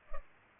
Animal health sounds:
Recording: mosquito wingbeat signal from an infrared sensor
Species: Culex pipiens

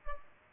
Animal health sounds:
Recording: mosquito wingbeat signal from an infrared sensor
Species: Culex pipiens

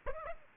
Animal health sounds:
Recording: mosquito wingbeat signal from an infrared sensor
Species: Aedes aegypti

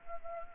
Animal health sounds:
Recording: mosquito wingbeat signal from an infrared sensor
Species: Anopheles arabiensis

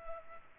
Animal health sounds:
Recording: mosquito wingbeat signal from an infrared sensor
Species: Culex pipiens

